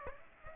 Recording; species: mosquito wingbeat signal from an infrared sensor; Aedes aegypti